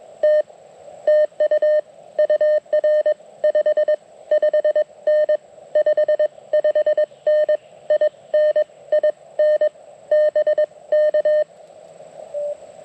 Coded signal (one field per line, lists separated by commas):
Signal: Morse code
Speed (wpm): 22 wpm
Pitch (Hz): 590 Hz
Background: none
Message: T TU UR 55N 55N ININ BK T